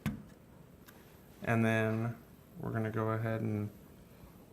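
A small lock piece is pushed into the back piece of a Brilong LK310 keyless door lock and seats with a sharp tick at 0.1 s. Someone then talks.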